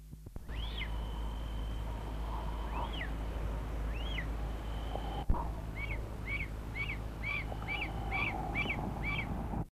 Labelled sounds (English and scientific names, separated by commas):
Bateleur (Terathopius ecaudatus) call